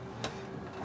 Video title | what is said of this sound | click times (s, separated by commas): Bi-Directional – Genius or Gimmick? - New Holland TV145 | and wiggle around here until it there it goes finds its little hole and drops in. | 0.2 s